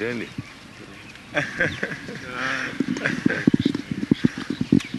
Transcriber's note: laughter